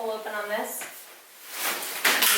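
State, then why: Seated. Someone talks, then the folded frame of a Valco Baby Snap4 lightweight stroller in black is pulled and flipped open, with a rising broadband rush as it swings out. The folding frame's hinge lock engages with a sharp click at 2.0 s, and the stroller frame is locked open.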